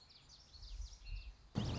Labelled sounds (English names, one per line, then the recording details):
Common Yellowthroat
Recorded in Sonoma County, California